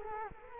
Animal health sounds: mosquito wingbeat signal from an infrared sensor; Culex quinquefasciatus

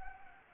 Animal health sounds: mosquito wingbeat signal from an infrared sensor; Anopheles gambiae

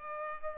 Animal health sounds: mosquito wingbeat signal from an infrared sensor; Culex pipiens

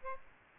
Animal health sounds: mosquito wingbeat signal from an infrared sensor; Aedes aegypti

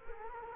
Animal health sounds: mosquito wingbeat signal from an infrared sensor; Culex quinquefasciatus

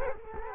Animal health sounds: mosquito wingbeat signal from an infrared sensor; Culex quinquefasciatus

